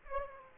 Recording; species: mosquito wingbeat signal from an infrared sensor; Aedes aegypti